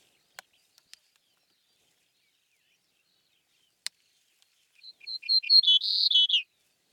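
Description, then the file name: Cretzschmar's bunting song: a short, bright phrase of quick clear notes ending in a few lower slurred notes, following some scattered clicks in otherwise quiet surroundings. "steinortolan"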